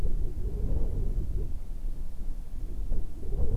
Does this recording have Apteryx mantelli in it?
no